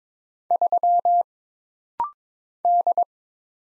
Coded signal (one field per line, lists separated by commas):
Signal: Morse code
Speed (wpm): 22 wpm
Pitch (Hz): 700 Hz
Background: none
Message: 3 D